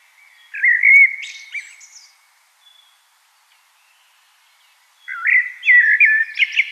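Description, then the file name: Common blackbird singing a fluty, wavering phrase that breaks into a thin high flourish, then a pause and a second mellow phrase begins. "Turdus merula"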